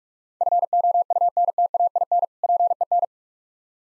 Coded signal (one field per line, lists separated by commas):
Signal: Morse code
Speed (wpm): 46 wpm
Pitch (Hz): 700 Hz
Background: none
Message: FOUNTAIN PEN